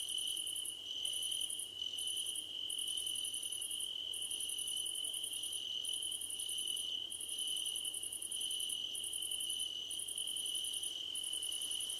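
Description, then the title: Cricket chorus with a constant high trill and a shriller pulsed trill that runs in short bursts about once a second, broken by tiny pauses. Crickets calling at night under a starlit sky. "Nighttime Ambience with Crickets 🌃"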